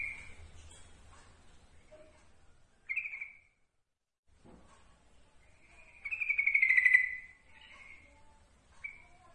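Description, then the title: Yellow-vented bulbul song: short liquid whistled notes, then a louder bubbly warbling phrase lasting about a second, followed by one brief closing note; faint low hum underneath. Called trucukan locally; masteran training song. "Masteran Suara Trucukan"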